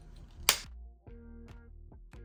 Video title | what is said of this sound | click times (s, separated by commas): WWE ULTIMATE EDITION ATTITUDE ERA RING - RAW IS WAR - KANE EXCLUSIVE #wwe #wrestling #exclusive | B2 A2 A1 and you kind of put them together they all just snap in place | 0.5 s